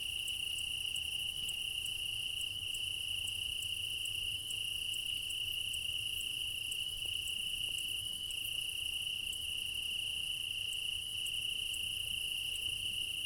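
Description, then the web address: Crickets give a steady high-pitched trill alongside a quicker, higher pulsing chorus. Meadow at night in Crimea in summer; quad ambience recording with ORTF microphone pair, front pair offset by 3 m. "Quad ambience of Crimea in summer 20 meadow night ambience, crickets, ortf offset by 3 m, front - ORTF. Alexander Kopeikin"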